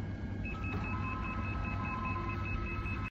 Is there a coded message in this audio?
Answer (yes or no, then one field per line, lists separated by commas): no